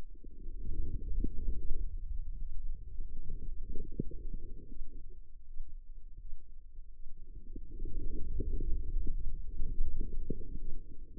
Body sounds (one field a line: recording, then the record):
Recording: forearm muscle sounds (acoustic myography)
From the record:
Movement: inward rotation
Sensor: system 2, bracelet of six BSWA MPA416 microphones around the upper forearm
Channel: 5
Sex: female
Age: 25 years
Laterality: right